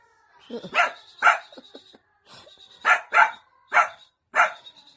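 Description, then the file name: Dog barking in short high yapping bursts, some in quick pairs, with soft whimpering sounds between them and brief pauses. Cute dog barking. "Tieng cho sua de thuong dang yeu"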